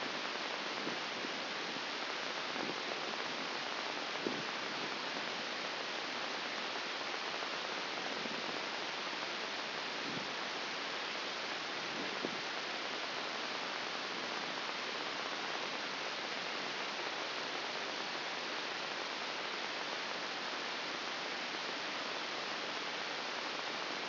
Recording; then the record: brain microelectrode recording played as sound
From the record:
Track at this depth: inside the subthalamic nucleus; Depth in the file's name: 3.898 mm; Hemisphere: left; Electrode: 2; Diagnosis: Parkinson's disease